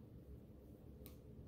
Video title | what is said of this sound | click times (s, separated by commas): HOW TO DISASSEMBLE A CHROMATIC HARMONICA David Kettlewell | see that little click sound means that it's exited | 1.1 s